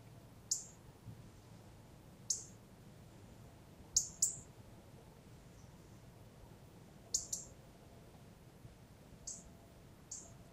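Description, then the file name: European robin calls: sharp, high ticking notes given singly or in pairs at irregular intervals over quiet background hiss. "Erithacus rubecula"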